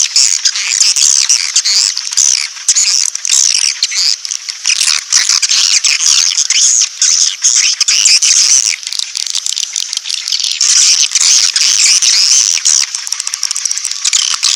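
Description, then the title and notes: Swiftlet twittering chorus, continuous high chirps and clicks overlapping densely, with brief dips in loudness. Sound used in swiftlet farming in Asia. "Swiflet Bird Sound. Farming Swiflet Bird asia sound"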